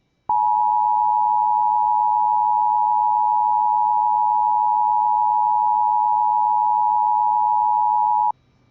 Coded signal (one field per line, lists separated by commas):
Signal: Emergency Alert System (SAME) tones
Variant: 853 and 960 Hz attention tone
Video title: Flash Flood Warning for Harris, TX (EAS #13) Requested by: Dog Stephens Co Weather Channel